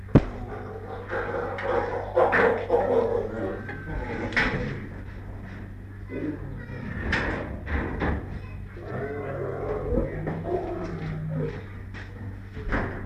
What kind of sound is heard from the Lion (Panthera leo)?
call